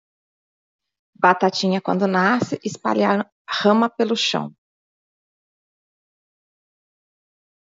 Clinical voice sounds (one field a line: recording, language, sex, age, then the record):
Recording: short text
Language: Brazilian Portuguese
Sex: female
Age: 50 to 59 years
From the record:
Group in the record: control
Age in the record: 54 years